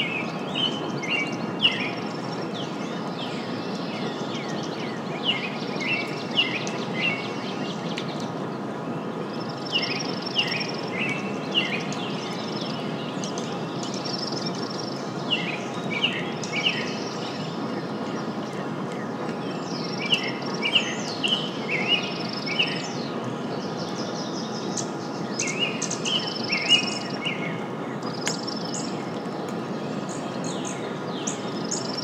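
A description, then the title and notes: Songbirds chirp and trill almost without pause, a lively mix of short bright calls and quick repeated phrases spread across the whole half minute. Beneath them runs a steady low rumble and hiss, even in level, like rain and far-off thunder. Early Morning Rainstorm. It was the tailend of a rainstorm and the wildlife was active. You’ll mostly hear a variety of song birds, the undertones of rolling thunder, and gentle rain blowing through.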